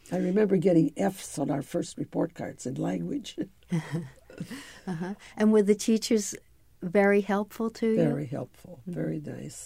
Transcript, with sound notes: I remember getting F's on our first report cards in language. [chuckles]
Uh-huh. [chuckles] Uh-huh. And were the teachers very helpful to you?
Very helpful. Very nice.